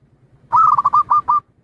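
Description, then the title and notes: Zebra dove song, a rapid series of several soft trilled coos at steady pitch, delivered in under a second with near silence around it. Compiled zebra dove song intended for training other birds to learn the song. "Kupulan Burung Perkutut. burung perkutut yang bisa digunakan untuk memaster"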